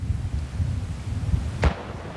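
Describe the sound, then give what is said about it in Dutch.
A single sharp explosive bang from a landmine detonated during mine clearance along a railway track in Ukraine cuts through a steady low rumble, then quickly fades back into the murky background noise. “Een knal, een stofwolk en rook. Langs het spoor worden mijnen geruimd.”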